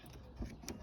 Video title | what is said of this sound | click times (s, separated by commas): AUDI A3 boot lock/tail gate replacement | pushing down until it clicks in on both sides. | 0.7 s